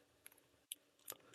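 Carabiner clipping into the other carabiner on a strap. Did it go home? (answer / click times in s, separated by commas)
yes / 0.7 s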